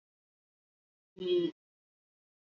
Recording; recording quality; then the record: sustained vowel as in beet; excellent, no background noise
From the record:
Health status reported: COVID-19 positive, moderate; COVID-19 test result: positive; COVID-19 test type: RT-PCR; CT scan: not taken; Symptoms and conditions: cough, cold, breathing difficulty, fever, fatigue, muscle pain, loss of smell and taste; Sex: female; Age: 57 years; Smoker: no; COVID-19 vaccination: both doses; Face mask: not worn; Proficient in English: no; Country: India